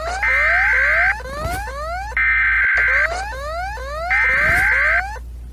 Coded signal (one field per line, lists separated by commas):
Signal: Emergency Alert System (SAME) tones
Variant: header bursts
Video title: all of South America eas alarms